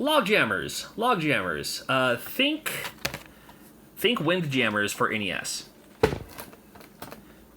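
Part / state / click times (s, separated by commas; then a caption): game cartridge into console cartridge slot / seated / 6.0 s. Someone talks while a plastic NES homebrew game cartridge is pushed into the cartridge slot of a RES+ NES clone console. A loud, sharp hit at 6.0 s is followed by smaller rattles as the cartridge pops into the slot and seats.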